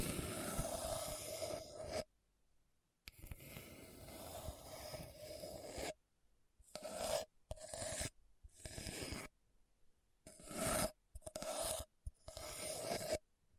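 Scratching across a hard, bumpy surface comes in rough, raspy strokes separated by short silences. Two longer passes open the clip, then shorter bursts follow in quick succession, each gritty and full, with a faint steady whine running through the louder strokes.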